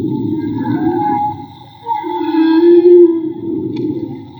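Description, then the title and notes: Whale song: a low groaning moan that dips, then a clear sustained tone rising slightly, with faint higher whistled harmonics. Whale song recorded underwater with a handmade Magma hydrophone during marine soundscape field recording, Gulf of Tribugá. "CANTO DE BALLENAS CON UN HIDROFONO MAGMA. Limpeza de sonido: Santiago Minotas. Construcción de Hidrofonos y grabación de Campo Jorge Barco. registro del canto de las ballenas. Radio Juntanza"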